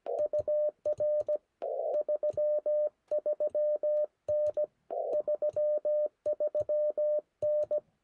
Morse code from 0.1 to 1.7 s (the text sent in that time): UR